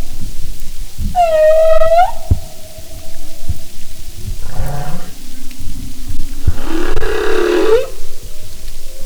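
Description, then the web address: Humpback whale sounds: a clear tonal cry rising at its end, then a grunting rumble and a rough upsweeping moan, with clicks in the background. "Marine Mammals humpback"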